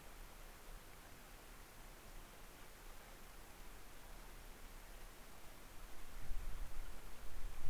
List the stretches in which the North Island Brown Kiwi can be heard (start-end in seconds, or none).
none